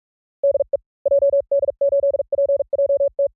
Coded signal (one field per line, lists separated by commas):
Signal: Morse code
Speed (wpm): 44 wpm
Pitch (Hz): 560 Hz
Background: none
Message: DE JD8PJT